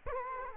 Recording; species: mosquito wingbeat signal from an infrared sensor; Culex quinquefasciatus